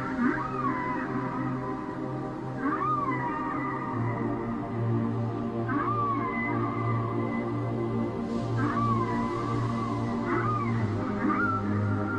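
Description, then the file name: Whale song: looping whoops that rise and dip, repeated every few seconds over a steady low drone and layered tonal hum. "Chant des baleines - whales singing"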